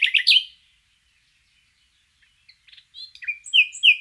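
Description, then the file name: Common nightingale song: a loud harsh opening phrase, a pause, then scattered notes leading into clear repeated descending whistles. "Luscinia megarhynchos"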